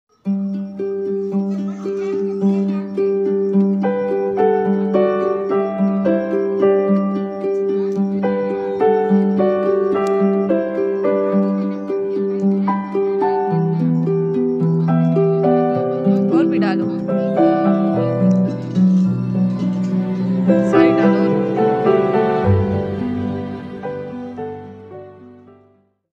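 Hens cluck and murmur in a continuous, busy stream of low, throaty calls that overlap with little pause. Sharper, higher squawks break through now and then, especially around the middle and near the end, before the sound fades out.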